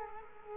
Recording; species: mosquito wingbeat signal from an infrared sensor; Culex quinquefasciatus